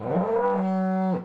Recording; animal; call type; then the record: contact call of a hoofed animal; cattle; low-frequency (closed-mouth) or high-frequency (open-mouth) call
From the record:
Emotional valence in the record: negative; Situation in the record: full separation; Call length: 1.25 s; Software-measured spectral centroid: 840 Hz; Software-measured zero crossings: 710 a second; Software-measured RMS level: -24 dBFS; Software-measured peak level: -13 dBFS